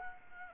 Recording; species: mosquito wingbeat signal from an infrared sensor; Anopheles arabiensis